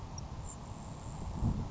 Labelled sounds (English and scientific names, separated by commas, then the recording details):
Grasshopper Sparrow (Ammodramus savannarum)
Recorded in Sonoma County, California